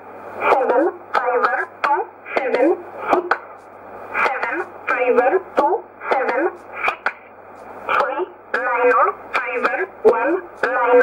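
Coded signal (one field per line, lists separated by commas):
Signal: numbers station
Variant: E11 (Oblique)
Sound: a voice reading short single words, likely numbers, in a steady even rhythm over shortwave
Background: radio static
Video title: 03 03 2015 Numbers station E11 1304 on 15632 USB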